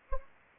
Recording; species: mosquito wingbeat signal from an infrared sensor; Anopheles arabiensis